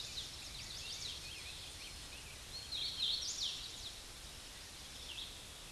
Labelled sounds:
Hooded Warbler (Setophaga citrina) song
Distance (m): 35 m
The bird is about 10 m above the microphone
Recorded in a Pennsylvania forest on 16 May 2024 at 09:34
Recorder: AudioMoth, point MSD-2456
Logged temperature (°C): 16.4 °C
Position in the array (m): 166 m, 113 m

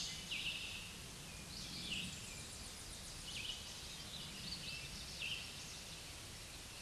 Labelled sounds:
Red-eyed Vireo (Vireo olivaceus) song
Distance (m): 40 m
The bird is about 20 m above the microphone
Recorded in a Pennsylvania forest on 16 May 2024 at 07:23
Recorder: AudioMoth, point MSD-0178
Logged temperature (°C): 15.3 °C
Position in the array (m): 115 m, 69 m

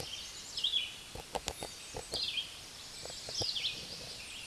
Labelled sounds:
Red-eyed Vireo (Vireo olivaceus) song
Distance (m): 20 m
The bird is about 10 m above the microphone
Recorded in a Pennsylvania forest on 16 May 2024 at 09:32
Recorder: AudioMoth, point MSD-2305
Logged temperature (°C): 16.9 °C
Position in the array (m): 70 m, 201 m

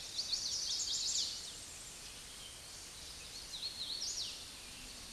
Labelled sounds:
Hooded Warbler (Setophaga citrina) song
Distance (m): 30 m
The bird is about 5 m above the microphone
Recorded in a Pennsylvania forest on 16 May 2024 at 09:29
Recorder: AudioMoth, point MSD-2257
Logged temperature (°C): 16.0 °C
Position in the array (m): 156 m, 157 m

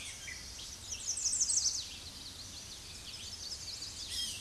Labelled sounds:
American Redstart (Setophaga ruticilla) song
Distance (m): 15 m
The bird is about 5 m above the microphone
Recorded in a Pennsylvania forest on 16 May 2024 at 06:51
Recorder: AudioMoth, point MSD-2345
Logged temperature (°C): 15.5 °C
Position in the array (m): 123 m, 227 m

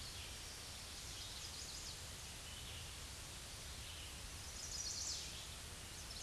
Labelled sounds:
Chestnut-sided Warbler (Setophaga pensylvanica) song
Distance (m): 20 m
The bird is about level with the microphone
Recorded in a Pennsylvania forest on 16 May 2024 at 08:04
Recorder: AudioMoth, point MSD-2376
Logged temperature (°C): 16.7 °C
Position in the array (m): 129 m, 8 m

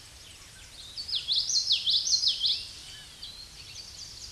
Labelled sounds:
Common Yellowthroat (Geothlypis trichas) song
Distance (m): 10 m
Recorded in a Pennsylvania forest on 16 May 2024 at 07:28
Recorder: AudioMoth, point MSD-1342
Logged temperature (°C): 15.5 °C
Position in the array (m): 227 m, 181 m

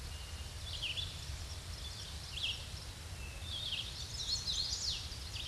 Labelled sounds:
Hooded Warbler (Setophaga citrina) song
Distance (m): 30 m
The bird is about 15 m above the microphone
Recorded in a Pennsylvania forest on 16 May 2024 at 07:38
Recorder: AudioMoth, point MSD-2258
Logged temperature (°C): 15.2 °C
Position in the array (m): 169 m, 103 m

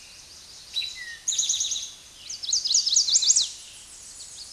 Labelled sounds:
Eastern Towhee (Pipilo erythrophthalmus) song
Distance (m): 10 m
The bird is about 5 m above the microphone
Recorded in a Pennsylvania forest on 16 May 2024 at 06:01
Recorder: AudioMoth, point MSD-0627
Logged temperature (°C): 14.8 °C
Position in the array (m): 106 m, 7 m

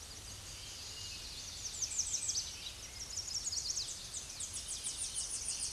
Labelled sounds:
American Redstart (Setophaga ruticilla) song
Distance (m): 20 m
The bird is about level with the microphone
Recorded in a Pennsylvania forest on 16 May 2024 at 07:41
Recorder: AudioMoth, point MSD-2345
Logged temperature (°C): 15.5 °C
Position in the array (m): 154 m, 219 m

